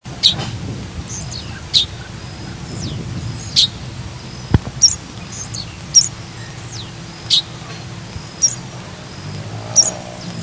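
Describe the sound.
Meadowlark calling with short, high, clipped notes repeated irregularly every second or two, a faint low rumble beneath.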